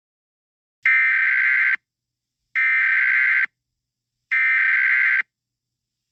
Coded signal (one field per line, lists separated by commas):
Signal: Emergency Alert System (SAME) tones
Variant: header bursts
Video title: EAS SCENARIO 26: Yarnaby's Rampage